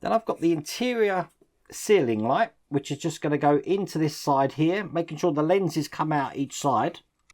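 A man talks while positioning a plastic interior ceiling light with lenses on each side into the roof panel of a Lamborghini Miura scale model. Only speech is heard, followed by a faint tick at 7.3 s. Nothing has seated or clicked yet.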